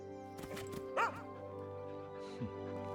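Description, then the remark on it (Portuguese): A dog gives a couple of short, sharp barks, one louder yelp near the middle and a softer one later, over a steady tonal hum in the background. The dog is Crypto, in a Brazilian Portuguese dub of a DC animation. “Ele é um bom cachorro.”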